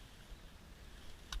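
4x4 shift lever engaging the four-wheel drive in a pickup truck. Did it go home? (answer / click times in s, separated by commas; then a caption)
yes / 1.3 s. The shift-on-the-fly 4x4 lever in an older pickup truck with automatic hubs is pulled down over a low, steady rumble. A short, sharp click at 1.3 s marks the lever engaging four-wheel drive, after which the 4x4 light comes on.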